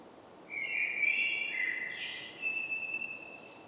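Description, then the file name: Common blackbird singing one mellow warbled phrase of fluted notes that shift in pitch, finishing with a higher, thinner twitter. "Turdus merula"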